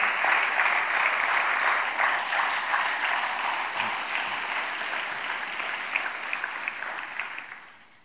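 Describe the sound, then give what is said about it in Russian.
A church audience of the Church of God in Yaroslavl claps loudly and steadily for about seven seconds, giving applause to God during a sermon; a dense wash of many hands with no voices, before the applause quickly dies away at the end. “Дадим Богу сильные аплодисменты.”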